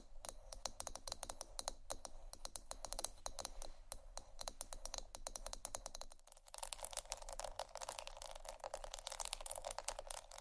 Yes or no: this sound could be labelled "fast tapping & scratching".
yes